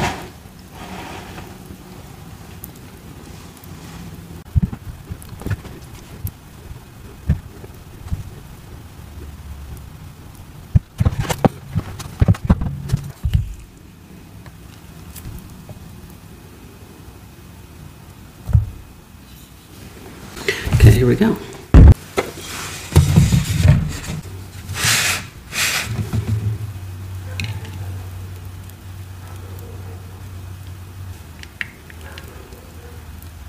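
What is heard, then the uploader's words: Cornstarch paste being poured and handled, with irregular squeaks, soft thuds and wet squelching bursts scattered through the clip. The busiest stretch comes around 20 to 26 seconds, with sharp bright crackles. A low steady hum sits underneath throughout, rising slightly near the end. Cornstarch Squeaks, Pouring Cornstarch Paste, Making Dyed Chalk Bombs.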